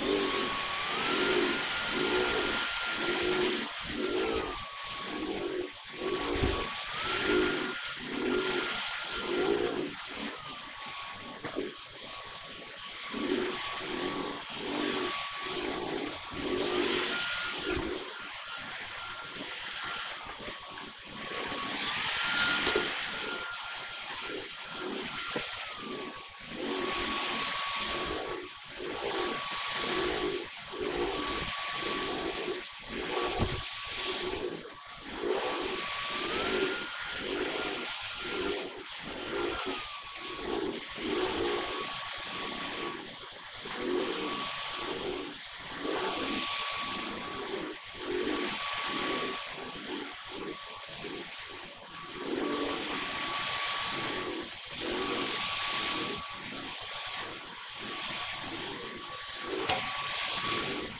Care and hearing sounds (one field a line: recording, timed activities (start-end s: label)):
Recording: household activities, microphone on the right wrist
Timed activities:
0.00-61.00 s: vacuum cleaning